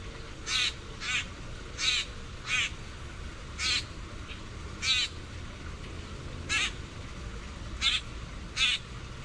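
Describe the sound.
Common grackle repeating harsh, rasping chack notes, about nine clear calls spaced irregularly roughly a second apart, with constant faint background hiss.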